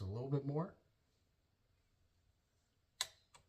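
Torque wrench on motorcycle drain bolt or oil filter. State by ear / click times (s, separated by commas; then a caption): torque reached / 3.0 s, 3.4 s. Someone talks while pushing a torque wrench a little further on an oil-change fastener (the drain bolt or oil filter) of a Ninja H2 motorcycle as resistance builds. After a quiet pause, the wrench gives a sharp click at 3.0 s and a softer second click at 3.4 s, showing it has reached its torque setting.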